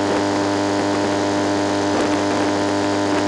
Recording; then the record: brain microelectrode recording played as sound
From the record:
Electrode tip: outside the subthalamic nucleus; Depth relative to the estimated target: -6 mm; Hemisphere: left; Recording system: NeuroSet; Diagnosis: Parkinson's disease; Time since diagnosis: 9 years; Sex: male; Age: 61 years